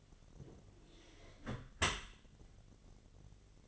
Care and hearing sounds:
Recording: daily activity, microphone in the room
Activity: close dishwasher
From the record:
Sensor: 4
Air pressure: 1007.5 hPa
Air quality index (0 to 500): 199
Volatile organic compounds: 7 ppm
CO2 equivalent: 1990 ppm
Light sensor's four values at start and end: 22/70/26/26 and 22/71/27/26

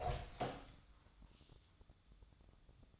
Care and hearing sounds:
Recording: daily activity, microphone in the room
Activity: open door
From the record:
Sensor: 3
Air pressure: 1004.9 hPa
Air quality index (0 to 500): 73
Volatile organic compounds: 2 ppm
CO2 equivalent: 1088 ppm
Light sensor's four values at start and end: 8/20/8/8 and 9/20/8/8

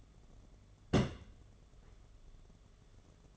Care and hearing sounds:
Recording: daily activity, microphone in the room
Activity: place on stove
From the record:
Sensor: 4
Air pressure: 1011.1 hPa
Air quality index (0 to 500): 142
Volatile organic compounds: 3 ppm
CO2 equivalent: 1459 ppm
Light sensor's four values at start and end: 192/501/212/221 and 192/499/211/220

